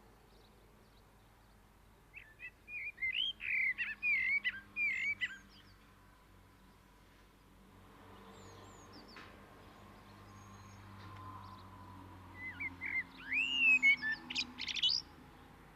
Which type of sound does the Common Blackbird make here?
song